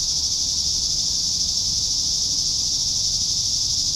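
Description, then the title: Cicadas droning in a steady, unbroken high-pitched buzz with no pauses, over a faint low rumble. "neoscenes: cicadas"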